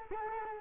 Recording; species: mosquito wingbeat signal from an infrared sensor; Culex quinquefasciatus